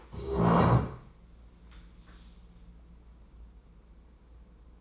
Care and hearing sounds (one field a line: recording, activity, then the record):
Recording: daily activity, microphone in the room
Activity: stand up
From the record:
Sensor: 1